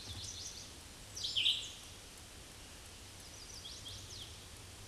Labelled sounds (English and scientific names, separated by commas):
Chestnut-sided Warbler (Setophaga pensylvanica) song